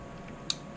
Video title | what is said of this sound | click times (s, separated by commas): Audi S4 B6 B7 Spark Plug Change | it nice and even you know hear a click there's 1 2 | 0.5 s